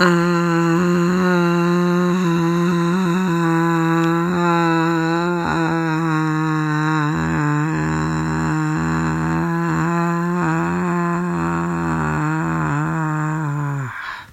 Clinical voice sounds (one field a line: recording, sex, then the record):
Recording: sustained vowel /a/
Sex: female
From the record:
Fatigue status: no fatigue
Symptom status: symptomatic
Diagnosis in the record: COVID-19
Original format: m4a